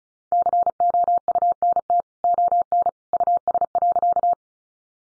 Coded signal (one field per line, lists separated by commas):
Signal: Morse code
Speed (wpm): 34 wpm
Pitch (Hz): 700 Hz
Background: none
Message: COUNT ON US.